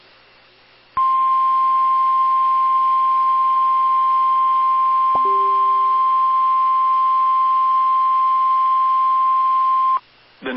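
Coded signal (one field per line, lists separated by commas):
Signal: Emergency Alert System (SAME) tones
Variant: 1050 Hz attention tone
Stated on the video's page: Severe thunderstorm and flash flood warning EAS alerts captured from a live stream.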